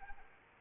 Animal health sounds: mosquito wingbeat signal from an infrared sensor; Anopheles arabiensis

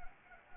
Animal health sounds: mosquito wingbeat signal from an infrared sensor; Anopheles arabiensis

